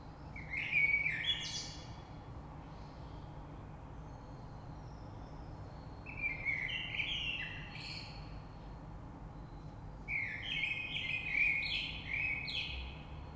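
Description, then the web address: Common blackbird singing three separate phrases about five seconds apart, each a low warbled whistle followed by squeaky, scratchy high notes; faint low rumble throughout. Recorded 3 March 2020. "oiseaux Rush Merle 3-3-2020"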